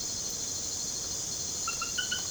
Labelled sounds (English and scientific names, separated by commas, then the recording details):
none
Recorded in secondary vegetation near Puerto Asís, Putumayo, Colombia, on 22 December 2024 at 20:00
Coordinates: 0.489, -76.322
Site G059